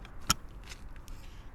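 A released CCS adapter is pushed onto a Supercharger cable connector until it seats with one sharp click at 0.3 s. A few fainter ticks and rattles follow over a low background rumble. No one talks.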